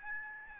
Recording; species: mosquito wingbeat signal from an infrared sensor; Aedes albopictus